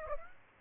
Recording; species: mosquito wingbeat signal from an infrared sensor; Aedes aegypti